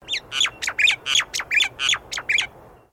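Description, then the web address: Bird giving a rapid series of about ten sharp, squawky notes in under three seconds, over a faint low background rumble. Recorded in a park; the species is unidentified. "Sound Effects-Foundation 1 BIRD UNKNOWN ROYAL PARK CALL"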